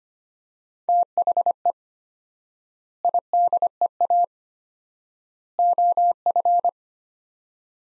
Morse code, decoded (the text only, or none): THE IDEA OF